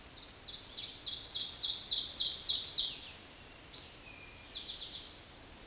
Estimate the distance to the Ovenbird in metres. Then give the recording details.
about 10 m. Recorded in a Pennsylvania forest on 17 May 2023 at 13:15. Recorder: AudioMoth, point grid1_7_low. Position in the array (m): 155 m, 77 m